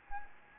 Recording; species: mosquito wingbeat signal from an infrared sensor; Anopheles gambiae